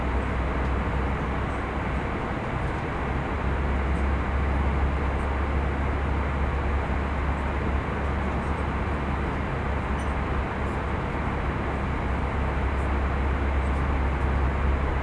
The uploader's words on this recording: Airplane Cabin White Noise.